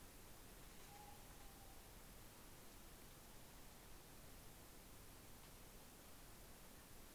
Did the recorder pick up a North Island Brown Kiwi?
no